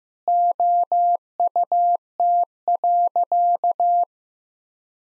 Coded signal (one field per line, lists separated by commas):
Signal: Morse code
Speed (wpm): 16 wpm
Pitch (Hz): 700 Hz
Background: none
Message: OUT.